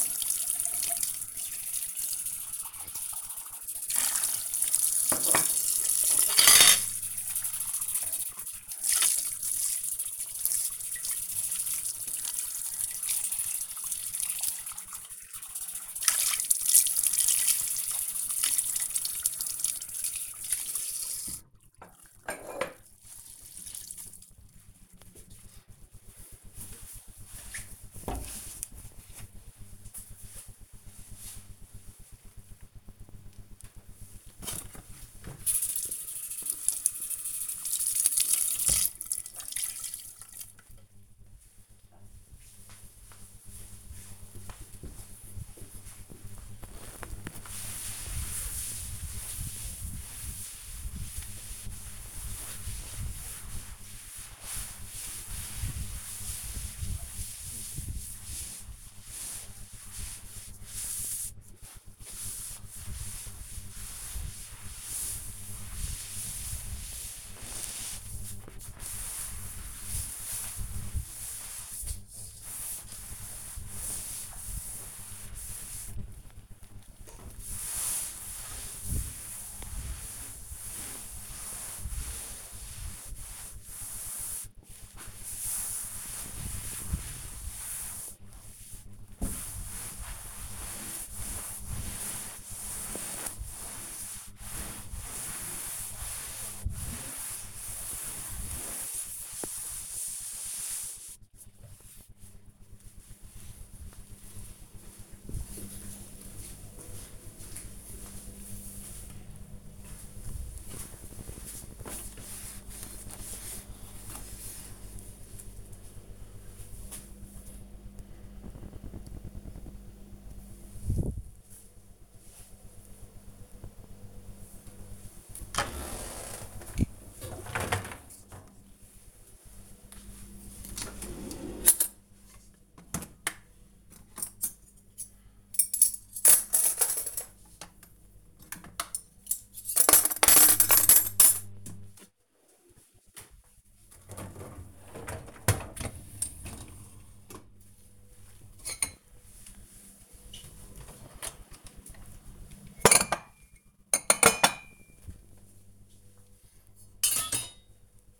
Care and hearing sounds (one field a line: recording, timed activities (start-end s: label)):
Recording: household activities, microphone on the right wrist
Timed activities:
0.00-22.31 s: washing dishes
33.37-100.66 s: cleaning table
123.78-158.20 s: cleaning out the dishwasher